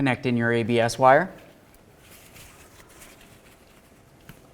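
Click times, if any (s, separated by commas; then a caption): 4.3 s. Someone talks for about the first 1.3 seconds, followed by quiet handling noise while a plastic ABS wheel-speed sensor wire connector is pushed into its mating harness socket during a rear hub (wheel bearing) replacement on a 2007-12 Volvo S40. A faint tick comes at 1.7 seconds. A short, sharp click at 4.3 seconds marks the connector seating, and it is then tugged to check that it is secure.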